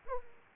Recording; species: mosquito wingbeat signal from an infrared sensor; Aedes aegypti